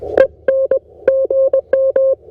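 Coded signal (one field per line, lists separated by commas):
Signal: Morse code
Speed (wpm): 20 wpm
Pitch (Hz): 530 Hz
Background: none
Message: EN GM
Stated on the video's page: QRP CW Parks on the Air activation on 20m with a CFT1 transceiver, UMMP-1 key and OCF dipole antenna, in real time.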